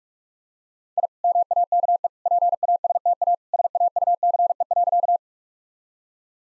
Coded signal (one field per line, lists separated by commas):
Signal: Morse code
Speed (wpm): 46 wpm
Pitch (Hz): 700 Hz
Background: none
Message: I MAKE PASTA SAUCE.